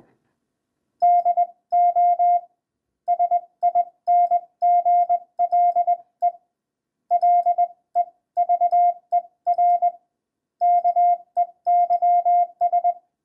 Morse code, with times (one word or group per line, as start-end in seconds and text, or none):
1.0-2.4 DO
3.1-6.3 SINGLE
7.1-9.9 LEVER
10.6-12.9 KEYS